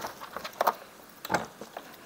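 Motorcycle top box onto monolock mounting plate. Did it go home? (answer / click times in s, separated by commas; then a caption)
no / none. A plastic Givi B27N motorcycle top box for a 2020 Yamaha NMAX is being handled onto its monolock mounting plate. Short knocks and taps of plastic are heard, with sharper hits around 0.6, 0.7 and 1.3 seconds. The box has not seated or clicked onto the plate yet.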